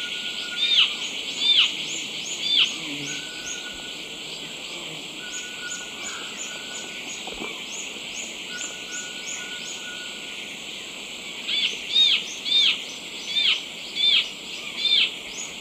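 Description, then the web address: Tawny-faced gnatwren calling: short sharp notes repeated about once a second in two bursts, separated by a quieter gap, over a steady hiss. Eastern Lowlands of South America. "Natures Songs S America Eastern Lowlands Microbates cinereiventris, call"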